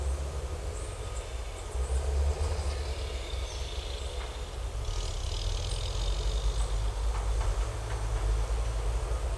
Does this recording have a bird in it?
no